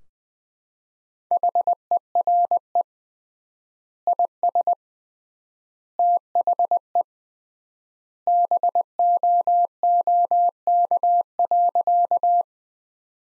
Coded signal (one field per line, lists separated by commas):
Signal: Morse code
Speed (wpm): 20 wpm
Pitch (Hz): 700 Hz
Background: none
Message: HERE IS THE BOOK.